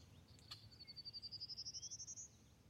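Prairie warbler singing a high, buzzy ladder of quick notes that rises evenly from start to finish, over a low steady hum.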